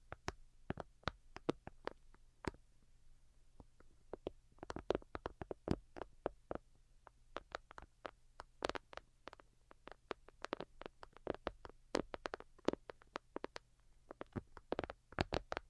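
Delicate tapping in quick, uneven runs of sharp, crisp clicks, some bunched tightly together and others spaced by brief pauses. The taps vary in loudness from faint to fairly pronounced, over a low, steady hum that runs beneath the whole recording.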